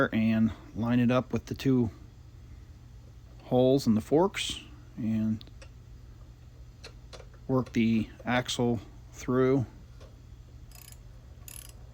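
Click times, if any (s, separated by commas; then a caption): none. A metal front axle is lined up with the two holes in the fork legs of a Kawasaki Versys 650 and worked through the front wheel hub, before being threaded in with a socket. Someone talks over it, and light ticks are heard near the end as the axle slides. Nothing has seated or clicked yet.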